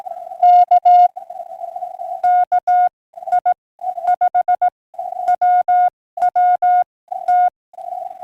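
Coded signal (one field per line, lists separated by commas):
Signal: Morse code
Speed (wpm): 17 wpm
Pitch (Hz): 710 Hz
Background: none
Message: K KI5WWT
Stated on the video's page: Morse heard while hunting Parks on the Air stations.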